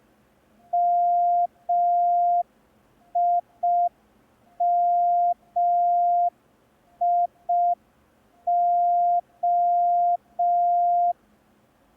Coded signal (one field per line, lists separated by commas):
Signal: Morse code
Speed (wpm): 5 wpm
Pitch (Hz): 700 Hz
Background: none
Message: MIMIO